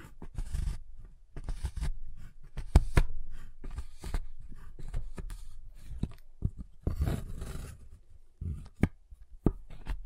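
Sharp taps and snaps on a giant chocolate bar come in irregular clusters, with bright crisp clicks near 3, 4.2, 7 and 8.8 seconds. Between them, soft scraping and rustling handling sounds fill short gaps, with thuddy low knocks under most hits.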